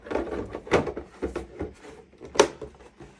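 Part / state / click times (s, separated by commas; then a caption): plastic side cover plate onto game console body / seated / 2.4 s. A plastic side cover plate is pushed through onto the body of a PS5 game console, with rubbing and knocking handling sounds along the way. A sharp, loud click at 2.4 s marks the plate snapping into place, and it is seated.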